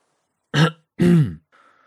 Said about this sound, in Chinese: 秦放陪他等了一会儿，刻意咳嗽了两声。